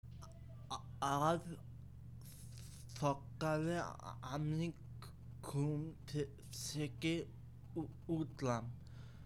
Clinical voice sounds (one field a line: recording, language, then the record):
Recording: elicited speech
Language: Bengali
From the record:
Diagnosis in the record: Broca's or global aphasia after a stroke